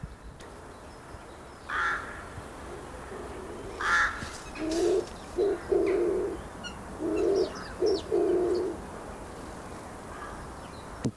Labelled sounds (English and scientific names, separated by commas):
Oriental Turtle Dove (Streptopelia orientalis) courtship call